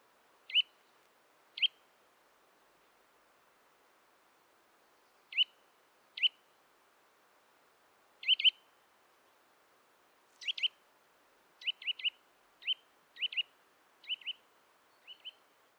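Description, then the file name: Eurasian nuthatch calling with crisp, high piping notes, at first spaced a second or more apart, then in quicker pairs and triplets toward the end. "Sitta europaea"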